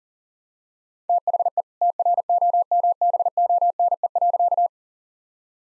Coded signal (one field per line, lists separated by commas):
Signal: Morse code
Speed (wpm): 37 wpm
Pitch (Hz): 700 Hz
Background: none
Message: THE TROMBONE.